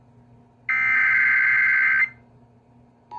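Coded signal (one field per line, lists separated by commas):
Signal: Emergency Alert System (SAME) tones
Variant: header bursts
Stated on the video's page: NOAA Weather Radio alerts, some received via FM relay on a new radio.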